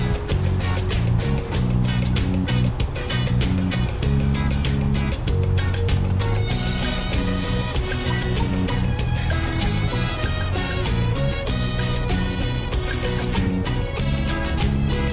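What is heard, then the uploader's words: A radio plays in a vehicle driving along the coast, with music carrying a steady, regular beat and held low notes throughout. The sound stays dense and even in loudness, with a bright hiss on top and a low engine rumble beneath. An 80s Summer Drive. The sounds of distant waves against the coast you're driving along, with the crackle of the radio and the rather comforting sounds of the vehicle around you.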